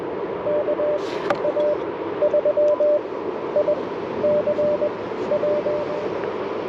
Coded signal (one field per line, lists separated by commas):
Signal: Morse code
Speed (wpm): 21 wpm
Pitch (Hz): 600 Hz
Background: radio noise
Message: KA3ICW